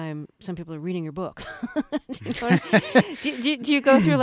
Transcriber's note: soundbite of laughter